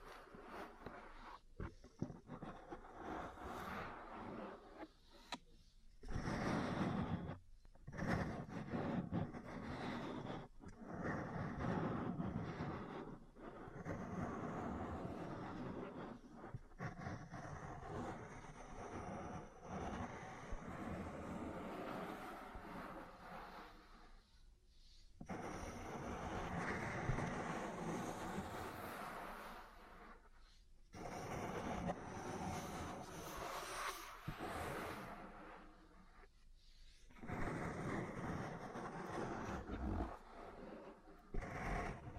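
Ear cleaning and massage sounds: dense, muffled rubbing and rustling with low rumbling, broken by brief silent gaps near 6, 25, 31 and 37 seconds.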